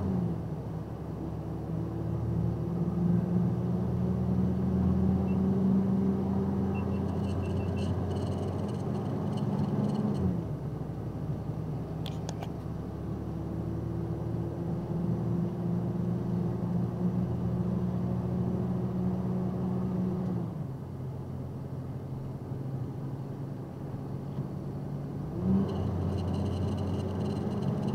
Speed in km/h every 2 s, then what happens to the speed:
37, 42, 45, 47, 50, 52, 55, 58, 60, 61, 61, 64, 66, 69.
0-28 speeds up to 69.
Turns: none.